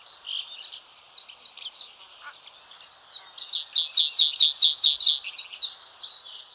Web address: white capped bunting call